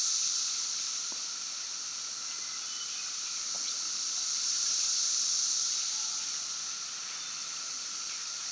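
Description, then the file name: A high, unbroken cicada buzz that swells midway, with a few faint clicks. Several cicadas recorded at Broken Rock Falls on 11 June 2016 at 5:12 pm. "Cicadas at Broken Rock Falls 2016-06-11 512 pm"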